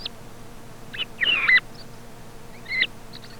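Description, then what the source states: Thrush song: a few warbled, whistled phrases with pauses between them, over a faint steady hum. Commercial lure recording sold by a Càlig company for parany bird trapping.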